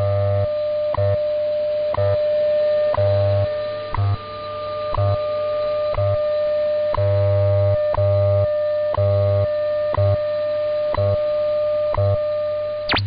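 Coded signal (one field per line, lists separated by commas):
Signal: radio time signal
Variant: WWV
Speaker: providing time of day, standard time interval, and other related information.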